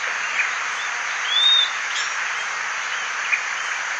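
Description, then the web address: Bird call: one clear high arched whistle midway, with a couple of faint chirps and a constant hiss. "BIRD 2015 SABIOD 50 bird 2015"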